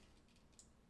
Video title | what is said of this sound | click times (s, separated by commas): Transformers: Cyberverse Scout Class Megatron and Starscream Video Review | it you know click in place | 0.6 s